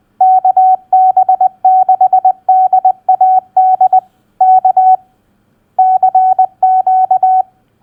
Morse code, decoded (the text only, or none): KB6DAD K CQ